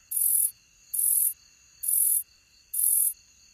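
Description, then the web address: Robust shieldback song with four dry buzzy bursts, each under half a second, repeated roughly once a second at a fairly steady pace. Recorded in North America. "Songs of Insects 59-Robust Shieldback"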